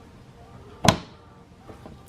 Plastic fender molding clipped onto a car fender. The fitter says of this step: right here snaps into place there we go